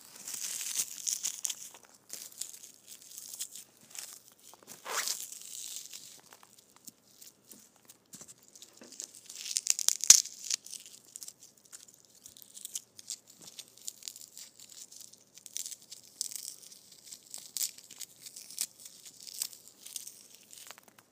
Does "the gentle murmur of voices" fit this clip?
no